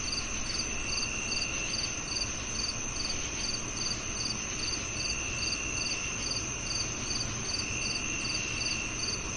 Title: Calming Crickets & Summer Night Sleep Sounds